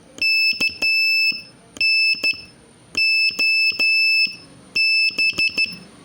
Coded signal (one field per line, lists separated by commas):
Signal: Morse code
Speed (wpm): 11 wpm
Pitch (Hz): 2650 Hz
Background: none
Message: KNOB